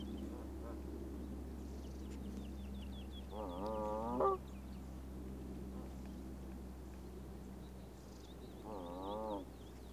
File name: birds in oostduinen - wild duck and moorhens